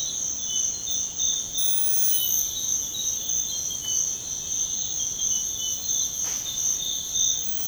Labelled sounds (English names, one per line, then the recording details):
Yellow-rumped Cacique
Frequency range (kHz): Yellow-rumped Cacique 0.6-12.7 kHz
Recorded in secondary vegetation near Puerto Asís, Putumayo, Colombia, on 21 February 2024 at 05:30
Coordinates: 0.472, -76.331
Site G6371